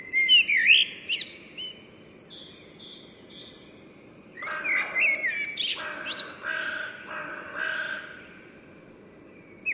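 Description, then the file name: Common blackbird singing a mellow whistled phrase with a high twittering tail, a quiet gap with faint thin notes, then a second, rougher warbled phrase. "Turdus merula"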